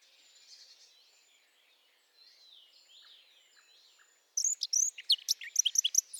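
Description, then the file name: Eurasian blackcap song: faint, soft twittering for about four seconds, then a loud, quick burst of bright, high chattering notes to the end. "Sylvia atricapilla"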